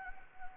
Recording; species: mosquito wingbeat signal from an infrared sensor; Anopheles gambiae